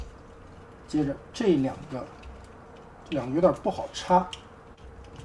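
Someone talks while handling two plastic connection tabs on a yellow G2 Transformers Devastator figure from NA, lining them up to push into the mating section of the toy, where they are hard to insert. Only speech and faint handling sounds are heard, with no sharp impacts. Nothing has seated or clicked yet by the end of the clip.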